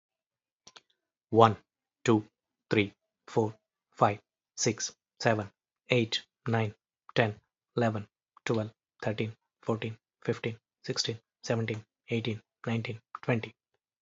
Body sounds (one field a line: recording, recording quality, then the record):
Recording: counting at a normal pace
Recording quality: excellent, no background noise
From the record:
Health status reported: healthy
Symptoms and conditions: none ticked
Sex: male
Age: 41 years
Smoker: not ticked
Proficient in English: yes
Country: United States